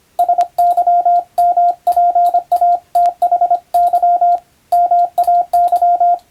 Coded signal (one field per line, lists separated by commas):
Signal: Morse code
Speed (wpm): 25 wpm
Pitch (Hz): 700 Hz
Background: radio noise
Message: SYMPATHY MAY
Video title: モールス信号を使用して船と陸との連絡をする船舶通信士！昭和の頃の通信手段です。アマチュア無線の受信トレーニングにどうぞ！YouTubeの再生速度を設定して聞こう morse code practice